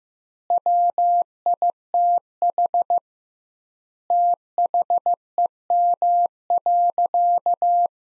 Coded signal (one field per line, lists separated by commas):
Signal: Morse code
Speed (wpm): 16 wpm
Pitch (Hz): 700 Hz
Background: none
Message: WITH THEM.